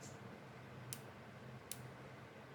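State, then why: Seated. A Molex-type connector pin sits in the size-15 slot of a hand crimping tool as the handles are squeezed. Two sharp ratchet clicks sound at 0.9 s and 1.7 s over a steady low hum. The ratchet locks and holds the pin in the jaws so it will not fall out.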